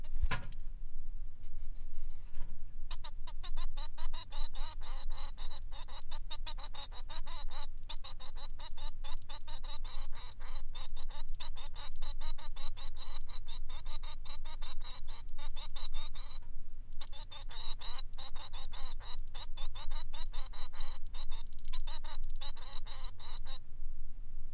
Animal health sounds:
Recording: song of a male Bengalese finch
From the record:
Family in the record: son of father 3

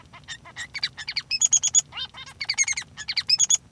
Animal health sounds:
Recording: song of a male Bengalese finch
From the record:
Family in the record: son of father 3

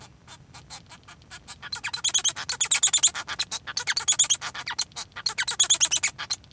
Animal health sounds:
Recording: song of a male Bengalese finch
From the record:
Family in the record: son of father 1

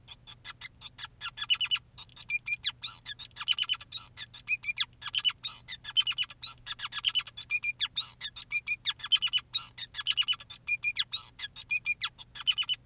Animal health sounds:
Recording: song of a male Bengalese finch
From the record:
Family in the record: son of father 2, and himself father 5

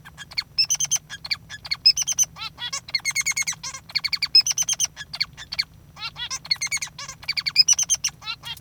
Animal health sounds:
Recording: song of a male Bengalese finch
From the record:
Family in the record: father 3

